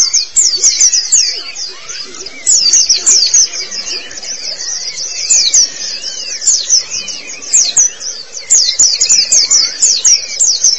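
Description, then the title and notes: White-eye song: loud bursts of rapid, high, sweet twittering lasting a second or two, separated by quieter gaps with softer slurred whistles. Pleci (white-eye) chirping song. "Suara kicauan burung pleci"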